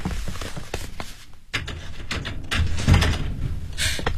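A residential door is worked open after the neighbourhood committee director calls for it, with a run of rattling, clunking knocks, then a heavier thump and scrape as it swings, over a low rumbling background.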